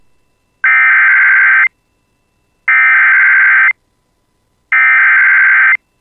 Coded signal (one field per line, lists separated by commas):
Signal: Emergency Alert System (SAME) tones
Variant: header bursts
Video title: [EAS] Second Severe Thunderstorm Warning for Clearwater, Beltrami, and Red Lake Nation (7/24/26)